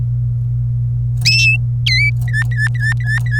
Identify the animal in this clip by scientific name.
Serinus canaria